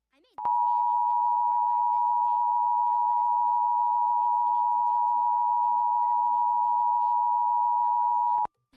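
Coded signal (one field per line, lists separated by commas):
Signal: Emergency Alert System (SAME) tones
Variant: 853 and 960 Hz attention tone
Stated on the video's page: Los Angeles County Required Monthly Test, livestreamed on a TV subchannel.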